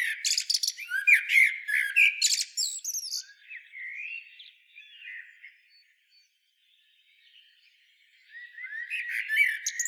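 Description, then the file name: Common blackbird opening with a loud flurry of squeaky, twittering notes, fading into soft scratchy sounds and quiet, then rising again at the end. "Turdus merula"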